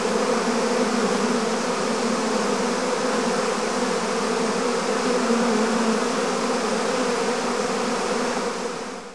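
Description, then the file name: Swarming bees droning continuously, a rich buzzing hum that fades away at the very end. "Digiffects Sound Effects Library - Swarm of Bees"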